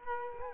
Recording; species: mosquito wingbeat signal from an infrared sensor; Culex quinquefasciatus